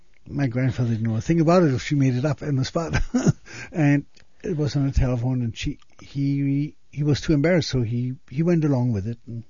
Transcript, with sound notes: My grandfather didn't know a thing about it. She made it up on the spot. (he laughs) And it was on the telephone, and he was too embarrassed, so he went along with it,